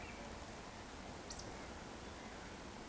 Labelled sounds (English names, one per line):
Eurasian Woodcock whistle